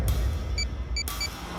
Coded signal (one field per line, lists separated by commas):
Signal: none